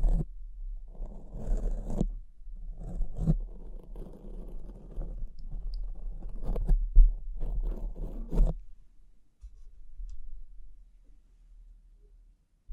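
Scratching and brushing sounds come in uneven bursts over the first eight and a half seconds, with short sharp taps and clicks near 2, 3, 7 and 8.5 seconds. After that it drops to quiet, faint rustling, with a low steady hum underneath throughout.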